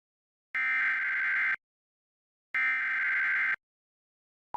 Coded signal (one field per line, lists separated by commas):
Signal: Emergency Alert System (SAME) tones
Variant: header bursts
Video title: Tornado Warning EAS on WOLO-TV (6/9/2025)